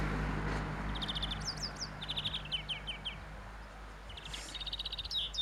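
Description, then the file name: European greenfinch giving quick twittering trills and rattled note series, high-pitched and repeated in bursts, with a brief hiss near the end and low background rumble. "Chloris chloris"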